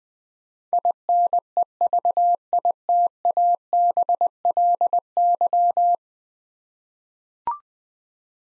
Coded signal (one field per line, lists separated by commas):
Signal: Morse code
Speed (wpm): 20 wpm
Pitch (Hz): 700 Hz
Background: none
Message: INEVITABLY